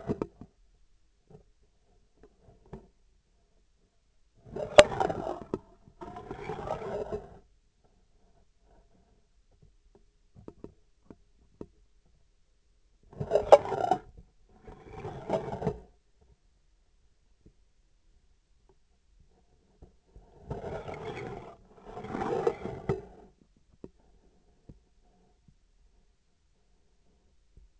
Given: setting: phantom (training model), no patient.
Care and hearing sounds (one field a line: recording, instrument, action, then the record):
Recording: laparoscopic instrument, vibration sensor on the handle end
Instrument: scissors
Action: approaching and retracting movements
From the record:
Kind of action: spatial motion